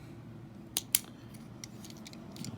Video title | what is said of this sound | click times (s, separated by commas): Ionacus toy reviews: #305 earthrise cliffjumper | This piece flips out. You hear that click there. | 0.8 s, 0.9 s